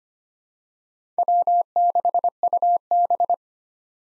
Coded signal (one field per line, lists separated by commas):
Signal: Morse code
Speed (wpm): 25 wpm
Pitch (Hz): 700 Hz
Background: none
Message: W6UB